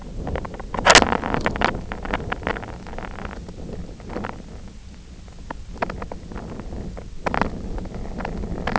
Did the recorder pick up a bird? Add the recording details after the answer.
no. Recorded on Arctic tundra, site IGLO-F, on 24 June 2018. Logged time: 20:00